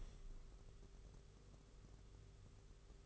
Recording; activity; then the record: daily activity, microphone in the room; open window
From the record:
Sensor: 4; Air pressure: 991.2 hPa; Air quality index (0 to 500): 154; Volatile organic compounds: 106 ppm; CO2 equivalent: 3796 ppm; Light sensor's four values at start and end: 6/14/5/6 and 6/14/5/6